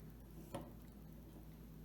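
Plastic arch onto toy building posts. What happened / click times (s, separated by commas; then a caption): The plastic piece snapped onto its posts / 0.5 s. A plastic arch from a toy building kit is pressed onto the tops of gray peg posts against a steady low hum. A single short, sharp click sounds at 0.6 seconds as the arch seats on the posts.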